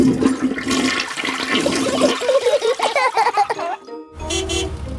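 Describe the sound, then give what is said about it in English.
A toilet flushes with a loud rush of water that turns into bubbling, gurgling swirls as the bowl drains, then stops abruptly before a short, steady buzzy tone. “Flush the toilet, George!”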